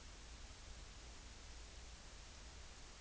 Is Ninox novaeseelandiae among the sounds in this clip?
no